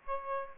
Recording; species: mosquito wingbeat signal from an infrared sensor; Aedes aegypti